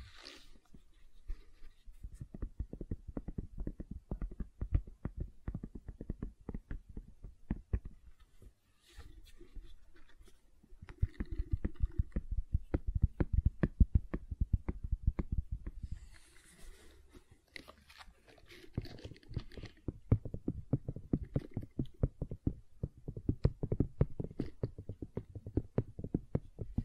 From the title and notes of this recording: ASMR Gentle Silicon Sounds for Sleep (No Talking).